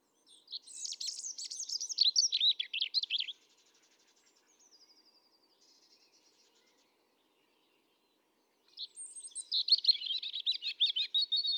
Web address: SETE data Erithacus rubecula